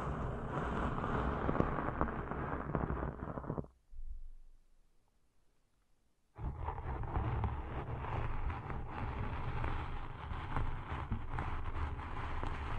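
Deep ear cleaning sounds: dense, crackling rubbing and scratching with a steady low rumble and rapid small clicks running throughout. Around four seconds it stops with a soft thump, leaving near silence for over two seconds before the busy scraping resumes to the end.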